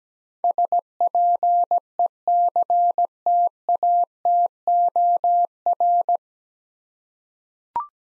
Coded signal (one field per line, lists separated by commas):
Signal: Morse code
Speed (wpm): 17 wpm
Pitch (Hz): 700 Hz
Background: none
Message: SPECTATOR